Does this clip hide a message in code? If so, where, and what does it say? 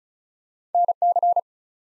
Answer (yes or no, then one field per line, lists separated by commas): yes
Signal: Morse code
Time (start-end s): 0.7-1.4 s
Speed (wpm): 36 wpm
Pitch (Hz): 700 Hz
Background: none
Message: NC